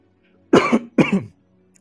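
Two short, harsh coughs in quick succession from an adult man, part of a bout of frequent coughing. Each is an abrupt explosive burst with a throaty, slightly voiced tail, about half a second apart. There is no wheeze or whoop between them, and the room is otherwise quiet.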